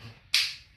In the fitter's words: yayı az geri gittiğimizde şöyle Şah diye oturacaktır